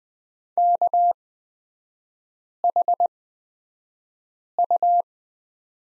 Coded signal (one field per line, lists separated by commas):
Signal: Morse code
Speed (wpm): 20 wpm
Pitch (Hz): 700 Hz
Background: none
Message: KHU